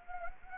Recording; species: mosquito wingbeat signal from an infrared sensor; Anopheles arabiensis